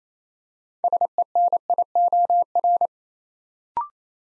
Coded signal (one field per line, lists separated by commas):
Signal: Morse code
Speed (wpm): 28 wpm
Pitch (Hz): 700 Hz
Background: none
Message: SENIOR